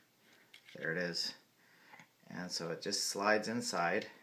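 A small SD memory card is handled and slid toward the card slot of a Garmin motorcycle GPS unit while someone talks, with a brief faint tick near 0.5 s. The clip ends before the card goes home, so nothing has seated or clicked yet.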